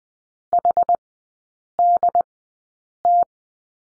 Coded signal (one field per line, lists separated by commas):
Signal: Morse code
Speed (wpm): 20 wpm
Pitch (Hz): 700 Hz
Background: none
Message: HDT